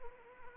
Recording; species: mosquito wingbeat signal from an infrared sensor; Anopheles arabiensis